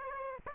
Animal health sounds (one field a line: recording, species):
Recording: mosquito wingbeat signal from an infrared sensor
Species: Aedes aegypti